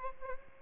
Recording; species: mosquito wingbeat signal from an infrared sensor; Aedes albopictus